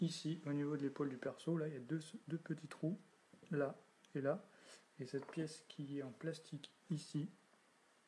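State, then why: Not seated. Someone talks while handling a plastic armor piece, lining it up with the two small holes at the shoulder of an action figure where it is meant to clip in. Nothing has seated or clicked yet.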